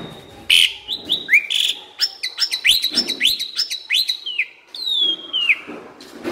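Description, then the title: Asian pied starling song of varied whistles and chatter. Training recording (masteran) said to be effective at making birds that sing too little, sluggish or lethargic sing more actively. "Masteran Jalak Suren. Burung KURANG GACOR Dan LOYO"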